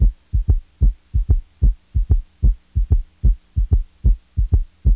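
Regular paired lub-dub heart sounds of an adult heart, heard through a stethoscope, at about 74 beats a minute, with a faint steady hum behind.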